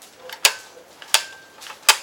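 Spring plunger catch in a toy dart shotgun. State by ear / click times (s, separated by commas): seated / 0.4 s, 1.1 s, 1.9 s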